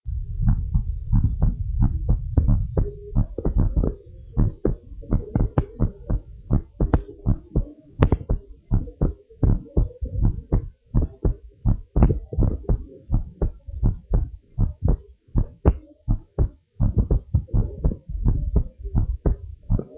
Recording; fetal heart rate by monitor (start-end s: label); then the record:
heart sounds of a pregnant woman by stethoscope
no fetal heartbeat
From the record:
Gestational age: 38 weeks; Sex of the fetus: girl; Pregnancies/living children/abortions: 2/0/1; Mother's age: 26 years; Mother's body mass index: 27.4